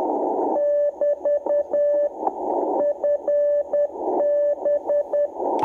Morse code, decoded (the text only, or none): <BT> FB